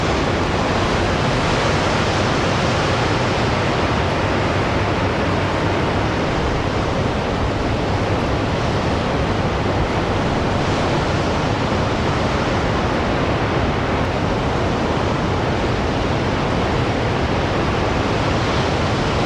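Heavy sea waves heard from high on a cliff, merging into a dense, unbroken roar that stays level for the whole stretch. The sound is full and deep with a hissing top, and individual breakers barely stand out from the constant wash.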